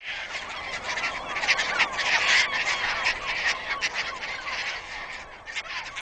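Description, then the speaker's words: Caspian terns calling as a colony: a dense, continuous chorus of harsh, raspy, overlapping cries from many birds with no pause throughout. Colony of Caspian terns on islands at the mouth of the Columbia; the birds feed on young salmon, anchovies and other small fish. "That's the sound of a Caspian tern colony."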